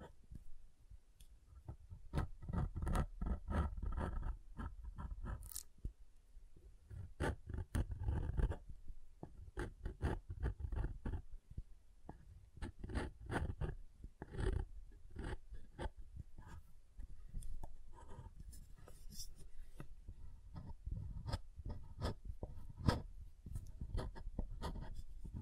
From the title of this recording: SoftHard Soap Tapping and Carving